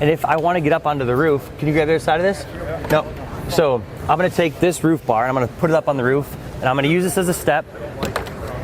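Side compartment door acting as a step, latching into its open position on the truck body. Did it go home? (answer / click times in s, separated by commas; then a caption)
yes / 8.2 s. On a Rivian R1T electric pickup, the side compartment door is folded down to serve as a step for reaching the roof. Someone talks throughout, and a sharp hit at 8.2 seconds, just after a smaller one at 8.1 seconds, marks the step locking into its open position.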